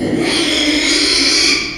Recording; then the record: squeal of a Yucatan mini pig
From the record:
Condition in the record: after surgery on the right vocal fold (resection and tissue-engineered implant); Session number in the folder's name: 2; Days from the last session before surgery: 13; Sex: male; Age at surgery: 12 weeks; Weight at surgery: 13 kg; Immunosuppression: cyclosporine, prednisolone